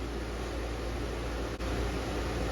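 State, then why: Not seated. A carburetor cover/bowl with a gasket for a Mariner/Mercury 25 (1995–1999) is lined up on the carburetor body's dowel pins and pressed down. Only a steady broadband hiss is heard, with a brief dip in level around 1.6 s. Nothing has seated or clicked into place yet.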